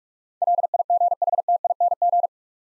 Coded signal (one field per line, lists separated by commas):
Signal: Morse code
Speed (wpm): 46 wpm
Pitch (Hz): 700 Hz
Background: none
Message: LIGHTING